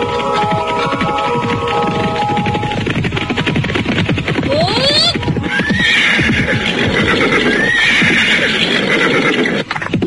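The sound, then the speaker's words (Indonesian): A horse whinnies loudly with rising and falling high-pitched neighs over a steady, rhythmic clatter of hooves clip-clopping, with a dense rumbling bustle underneath throughout. “Kuda ini pun kelihatannya mulai lelah.”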